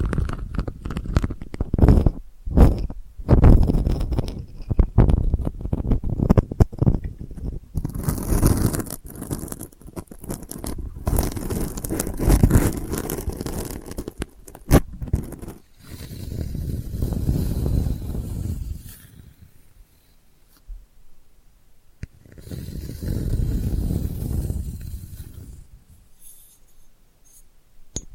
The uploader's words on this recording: ASMR Delicate Scratching for Sleep (No Talking).